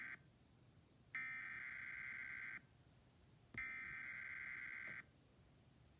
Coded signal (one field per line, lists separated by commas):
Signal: Emergency Alert System (SAME) tones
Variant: header bursts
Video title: EAS Fredricksburg, VA’s Required Monthly Test On WFLS 10/19/20 9:41 PM (21:41)